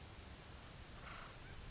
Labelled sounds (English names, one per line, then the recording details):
California Towhee
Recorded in Sonoma County, California